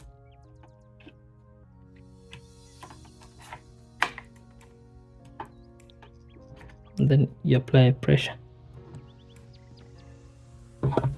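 A RAM memory module is handled over a motherboard DIMM slot while someone talks, against a steady tonal background with scattered small taps, the sharpest near 4.0 s. The module has not seated in the slot yet, and no retention latch click has happened before the clip ends.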